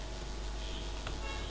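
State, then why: Not seated. A laptop keyboard is being handled over the palmrest frame of a Dell P25F laptop, about to be pressed down from above so its plastic tabs lock in by themselves. Only a steady background hiss is heard, with a faint brief rustle near 1.1 s. Nothing has seated or clicked yet.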